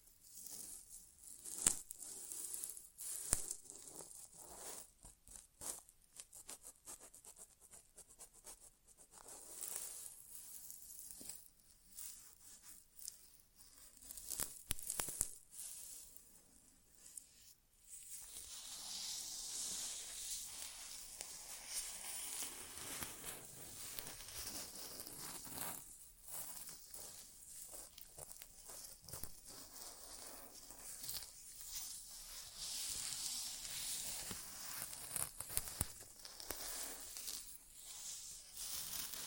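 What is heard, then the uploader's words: Close-up crackling and scratching sounds for an inner ear exam, with no talking. The first half is a stream of sharp clicks and rubbing; after a brief hush near eighteen seconds it turns into a steadier, brighter hissing rustle dotted with occasional crisp pops. ASMR Inner Ear Exam (No Talking).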